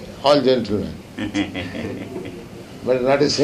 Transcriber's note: laughter